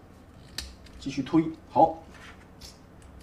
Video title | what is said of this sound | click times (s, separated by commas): 回炉重造态度好评，变形金刚X社杯子 | Clip the waist to the side and lock it here | 0.6 s